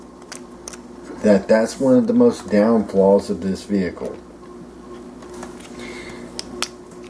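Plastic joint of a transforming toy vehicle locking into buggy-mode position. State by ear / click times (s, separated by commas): seated / 6.4 s, 6.6 s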